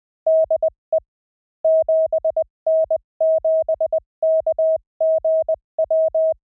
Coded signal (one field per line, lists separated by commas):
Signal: Morse code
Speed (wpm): 20 wpm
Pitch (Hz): 640 Hz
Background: none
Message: DE 7N7KGW